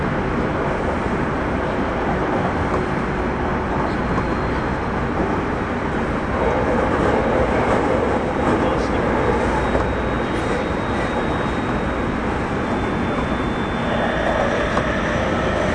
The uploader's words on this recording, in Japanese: 東武30000系 渋谷〜あざみ野。車体20m両開き4ドア。